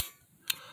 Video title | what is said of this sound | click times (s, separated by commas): Nintendo switch console unboxing. | that little click and i'll do it one more time for you | 0.5 s